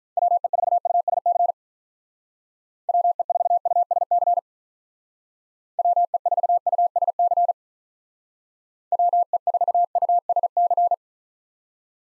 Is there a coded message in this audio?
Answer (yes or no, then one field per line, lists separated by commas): yes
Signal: Morse code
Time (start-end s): 0.2-10.9 s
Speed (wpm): 47 wpm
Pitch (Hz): 700 Hz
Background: none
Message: WE4USC WE4USC WE4USC WE4USC